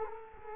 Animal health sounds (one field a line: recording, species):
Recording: mosquito wingbeat signal from an infrared sensor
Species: Culex quinquefasciatus